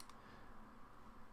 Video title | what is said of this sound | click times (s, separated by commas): How to Replace Both Joy Con Rails on Your Nintendo Switch | but very gently give it a push, and it should snap right into place. | 0.0 s, 0.1 s